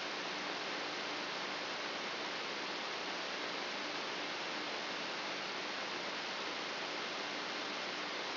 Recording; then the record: brain microelectrode recording played as sound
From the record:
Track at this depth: inside the subthalamic nucleus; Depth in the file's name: 1.227 mm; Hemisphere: left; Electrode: 3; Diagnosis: Parkinson's disease